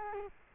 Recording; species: mosquito wingbeat signal from an infrared sensor; Culex quinquefasciatus